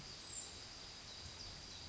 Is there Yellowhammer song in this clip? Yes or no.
no